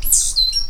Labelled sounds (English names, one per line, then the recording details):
Stitchbird song
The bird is a male
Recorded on Tiritiri Matangi Island, New Zealand, in 2005
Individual 8, of nest box 10